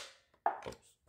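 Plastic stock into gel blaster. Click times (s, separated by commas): 0.5 s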